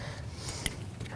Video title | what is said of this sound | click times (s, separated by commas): How to Replace Spark Plugs 2016-2025 Chevrolet Malibu 1.5L L4 | Make sure you take that red tab and push it down. That puts the lock on. | 0.7 s